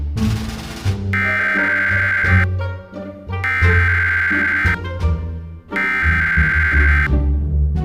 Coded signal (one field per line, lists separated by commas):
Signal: Emergency Alert System (SAME) tones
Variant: header bursts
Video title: How To Create EAS Scenario At Mobile/Phone [UPDATED] 2022